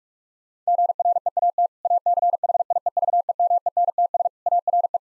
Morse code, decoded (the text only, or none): GREAT ACHIEVEMENTS ARE